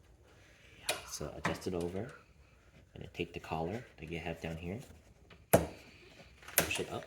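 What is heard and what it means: The end socket of a new gas trunk strut is pushed over the ball-stud bolt on a car body, and a sharp tick at 0.9 s marks it popping into place, seated. Someone talks throughout, and another sharp sound comes near 6.6 s.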